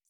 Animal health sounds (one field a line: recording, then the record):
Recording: hydrophone in a shrimp aquaculture tank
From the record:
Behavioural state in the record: feeding